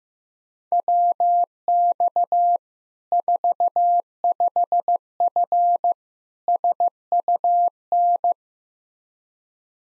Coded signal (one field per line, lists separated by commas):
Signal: Morse code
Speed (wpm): 15 wpm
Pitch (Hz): 700 Hz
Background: none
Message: WX 45F SUN